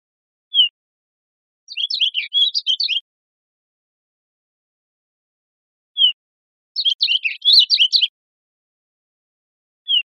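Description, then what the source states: Olive warbler giving single short down-slurred high notes spaced several seconds apart, and two rapid twittering phrases of high chirps between them. Costa Rica, 3 December 2004.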